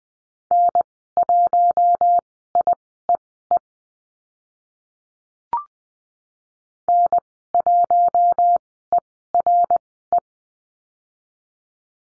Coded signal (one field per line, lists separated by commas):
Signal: Morse code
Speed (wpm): 20 wpm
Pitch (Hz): 700 Hz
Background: none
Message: N1IEE N1ERE